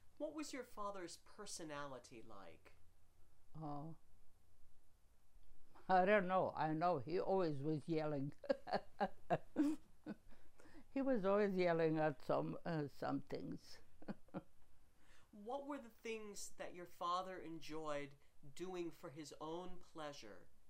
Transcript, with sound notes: What was your father's personality like?
Oh. I don't know, I know he always was yelling. (laughing) He was always yelling at some-somethings. (laughing)
What were the things that your father enjoyed doing for his own pleasure?